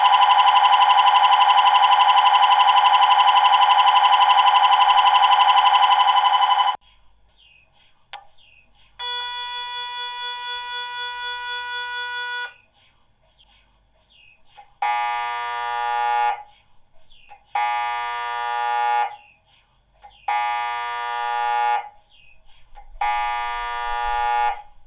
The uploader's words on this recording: These are the sounds from the Birkbeck/UCL Centre for Neuroimaging (first arriving to the centre, and then different MRI sequences). Recordists: Velia Cardin & Ana Tajadura-Jiménez, UCL Centre for Neuroimaging.